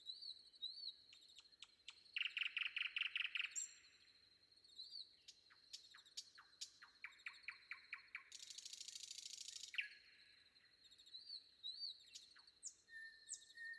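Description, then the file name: Common nightingale singing rapid runs of loud repeated clicking notes, separated by pauses, with a long buzzy high trill and soft whistled notes. Sung before dawn. "predawn nightingale"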